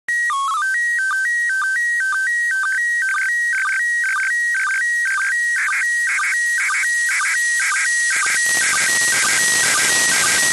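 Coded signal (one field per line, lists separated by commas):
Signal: SSTV (slow-scan television)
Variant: PD 120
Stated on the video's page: SSTV picture broadcast from the International Space Station on 145.8 MHz, received with SDRPlay RSP1A and HDSDR on a Scanmaster D1300 discone antenna.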